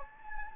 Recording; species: mosquito wingbeat signal from an infrared sensor; Anopheles gambiae